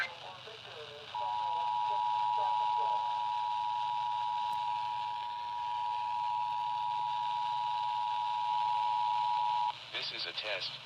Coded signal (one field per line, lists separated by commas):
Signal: Emergency Alert System (SAME) tones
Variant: 853 and 960 Hz attention tone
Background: speech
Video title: Island Co. DEM Required Monthly Test EAS (8-3-2020)